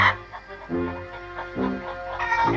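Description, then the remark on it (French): Chickens clucking in short, repeated bursts, a few louder squawky notes standing out against a steady murmur of poultry sounds. “Là où je croyais affronter les grands fauves, je ne rencontre que des chiens, des vaches et des poules.”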